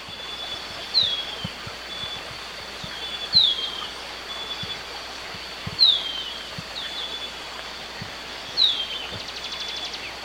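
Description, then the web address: Golden-faced Tyrannulet giving brief, high downslurred notes about every two and a half seconds, with soft clicking and a steady high hum throughout. Recorded in Ecuador. "Natures Songs S America Birds of Ecuador. Golden-faced Tyrannulet"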